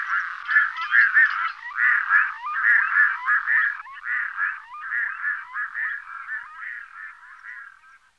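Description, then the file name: Red-throated loon giving a rapid run of harsh, goose-like cackling notes, repeated a little over once a second for about eight seconds, fading toward the end. "Potaplice mala Gavia stellata"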